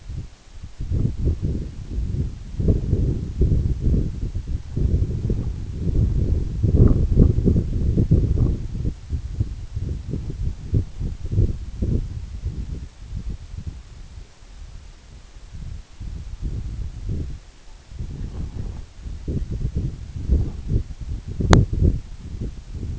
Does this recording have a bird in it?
no